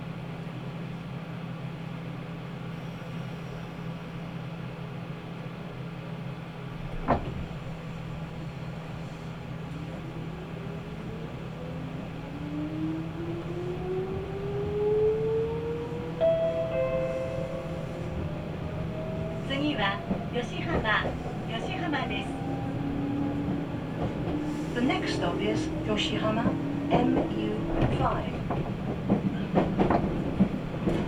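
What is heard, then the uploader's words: A ride on the Nagoya Railroad Mikawa Line, with a steady low hum running throughout. A sharp knock sounds near seven seconds, then rising whines build as the train gets under way, joined after twenty seconds by clattering and rattling that grows busier toward the end. Nagoya Railroad Mikawa Line Chiryu to Hekinan.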